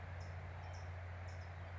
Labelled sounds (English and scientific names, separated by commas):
California Towhee (Melozone crissalis)